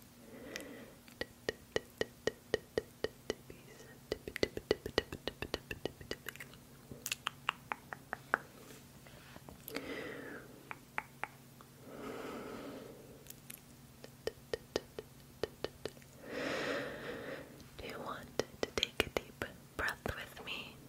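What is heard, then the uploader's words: Mouth sounds made up of sharp tongue clicks arriving in quick runs, some dense and rapid, with brief pauses between bursts. Softer brushing and rubbing swells, like touching the face, rise between the click runs around 10, 12 and 16 seconds over a faint steady hum. ASMR Mirrored Touch and Tongue Clicking - face touching, personal attention, mouth sounds.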